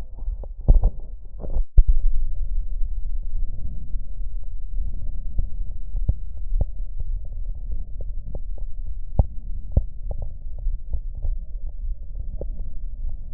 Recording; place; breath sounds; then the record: lung sounds by stethoscope; right posterior middle chest; expiratory wheeze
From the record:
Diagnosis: asthma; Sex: female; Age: 53 years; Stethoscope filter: extended mode, 50 to 500 Hz